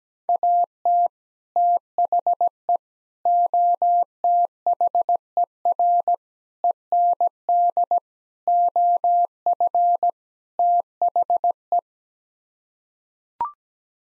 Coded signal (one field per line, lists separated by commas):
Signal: Morse code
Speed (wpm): 17 wpm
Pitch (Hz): 700 Hz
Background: none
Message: AT THE OTHER END OF THE